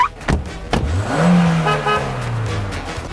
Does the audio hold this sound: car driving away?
yes